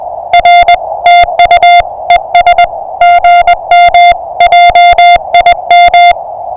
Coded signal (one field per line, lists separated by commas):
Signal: Morse code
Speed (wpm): 21 wpm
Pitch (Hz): 660 Hz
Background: music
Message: R TU ES GM JIM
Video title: Early Bird Morse Code CW POTA Pileup 04242025